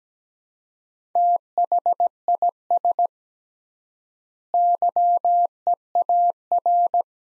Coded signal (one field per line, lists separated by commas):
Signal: Morse code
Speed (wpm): 17 wpm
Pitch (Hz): 700 Hz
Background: none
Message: THIS YEAR